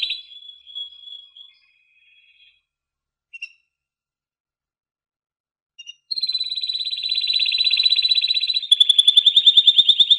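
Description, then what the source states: Canary song: a few clear whistled notes near the start, a pause with two brief chirps, then a fast rolling trill and a ringing rapid pulsed trill to the end. Song of American Singer, Timbrado and Paduan canary breeds.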